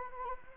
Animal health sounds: mosquito wingbeat signal from an infrared sensor; Anopheles arabiensis

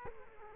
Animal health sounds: mosquito wingbeat signal from an infrared sensor; Culex quinquefasciatus

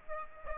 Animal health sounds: mosquito wingbeat signal from an infrared sensor; Aedes aegypti

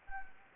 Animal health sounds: mosquito wingbeat signal from an infrared sensor; Anopheles gambiae

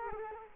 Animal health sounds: mosquito wingbeat signal from an infrared sensor; Culex quinquefasciatus

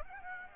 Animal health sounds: mosquito wingbeat signal from an infrared sensor; Aedes aegypti

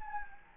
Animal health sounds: mosquito wingbeat signal from an infrared sensor; Anopheles gambiae

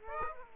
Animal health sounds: mosquito wingbeat signal from an infrared sensor; Aedes aegypti

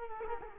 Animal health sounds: mosquito wingbeat signal from an infrared sensor; Culex quinquefasciatus

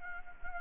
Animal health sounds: mosquito wingbeat signal from an infrared sensor; Anopheles gambiae

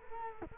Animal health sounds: mosquito wingbeat signal from an infrared sensor; Culex quinquefasciatus

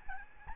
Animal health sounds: mosquito wingbeat signal from an infrared sensor; Aedes albopictus

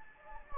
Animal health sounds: mosquito wingbeat signal from an infrared sensor; Anopheles gambiae

